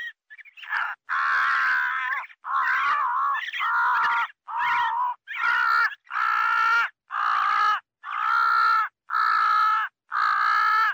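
Crow cawing: a couple of faint short notes, then a series of long, raspy caws repeated roughly once a second.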